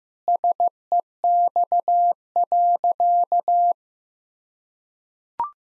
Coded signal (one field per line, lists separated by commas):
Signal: Morse code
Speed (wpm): 15 wpm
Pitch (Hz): 700 Hz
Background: none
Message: SEX.